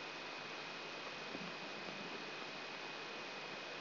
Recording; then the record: brain microelectrode recording played as sound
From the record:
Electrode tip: outside the subthalamic nucleus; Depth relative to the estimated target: -3 mm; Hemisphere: right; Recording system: AlphaMap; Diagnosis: Parkinson's disease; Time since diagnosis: 11 years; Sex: male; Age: 66 years